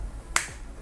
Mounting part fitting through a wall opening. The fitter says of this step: You're gonna hear a click.